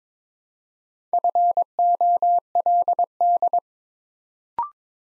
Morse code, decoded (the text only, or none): FOLD